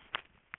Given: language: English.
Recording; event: throat vibration sensor signal played as sound; swallow